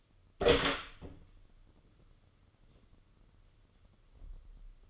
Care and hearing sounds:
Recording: daily activity, microphone in the room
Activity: open door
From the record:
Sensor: 4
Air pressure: 995.2 hPa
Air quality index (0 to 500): 186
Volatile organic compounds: 100 ppm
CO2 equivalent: 3757 ppm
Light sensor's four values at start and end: 5/11/4/5 and 20/52/20/23

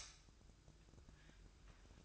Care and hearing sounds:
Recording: daily activity, microphone in the room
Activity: light off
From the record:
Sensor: 2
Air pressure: 1007.7 hPa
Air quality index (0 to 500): 91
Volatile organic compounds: 1 ppm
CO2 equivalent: 696 ppm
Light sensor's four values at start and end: 11/30/12/12 and 7/17/7/7

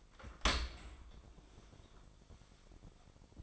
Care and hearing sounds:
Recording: daily activity, microphone in the room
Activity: open dishwasher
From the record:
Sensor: 5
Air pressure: 1003.3 hPa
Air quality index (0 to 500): 130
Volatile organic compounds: 1 ppm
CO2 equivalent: 951 ppm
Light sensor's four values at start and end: 123/300/124/144 and 104/251/105/121

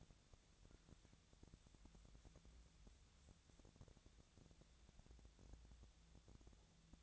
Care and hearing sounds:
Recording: daily activity, microphone in the room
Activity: wipe stove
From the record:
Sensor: 3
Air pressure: 1000.5 hPa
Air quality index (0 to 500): 177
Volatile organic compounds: 3 ppm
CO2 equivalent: 1534 ppm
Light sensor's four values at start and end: 13/31/13/14 and 13/32/13/14

